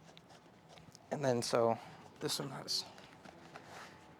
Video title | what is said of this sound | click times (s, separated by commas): Hot Tub Pillow Replacement #78160 | until you hear it click | 0.2 s, 0.9 s